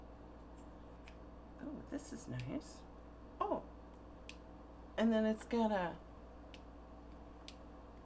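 A plastic cap is handled on a cream makeup tube while someone talks, with a few faint, brief ticks in between. The cap has not yet clicked or seated on the tube by the end of the clip.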